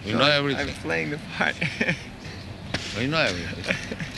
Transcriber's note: laughs